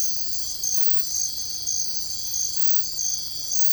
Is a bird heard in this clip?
no